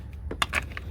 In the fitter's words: and it just snaps into place.